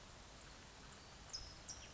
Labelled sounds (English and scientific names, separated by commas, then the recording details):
California Towhee (Melozone crissalis)
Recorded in Sonoma County, California